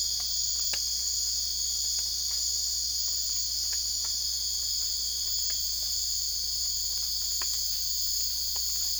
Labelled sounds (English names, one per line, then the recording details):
none
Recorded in secondary vegetation near Puerto Asís, Putumayo, Colombia, on 20 December 2024 at 01:00
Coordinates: 0.488, -76.319
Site GP04